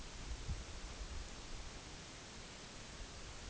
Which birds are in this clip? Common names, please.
none